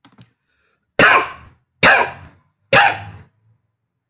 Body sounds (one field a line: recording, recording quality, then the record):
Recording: heavy voluntary cough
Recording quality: excellent, no background noise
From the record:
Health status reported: respiratory illness, not identified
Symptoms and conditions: cough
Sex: male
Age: 32 years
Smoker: yes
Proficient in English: yes